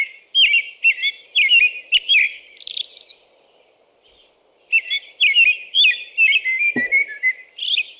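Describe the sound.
American robin song: clear whistled caroling phrases in quick series, a pause of about one and a half seconds, then another run of rising and falling notes.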